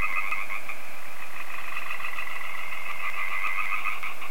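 Frogs calling continuously with fast pulsing croaks, without pause.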